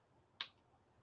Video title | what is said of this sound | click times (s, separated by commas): Wake Up & Airbrush: I"m Really LIVE- Watch How Easy it is to Apply Airbrush | you want to hear that pop that tells you that it is closed | 0.4 s